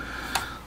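A folding part on a plastic toy warplane (a P-40 Warhawk) is pushed outward so it will snap into place. A small, sharp tick is heard at 0.4 s, but the part has not fully snapped home.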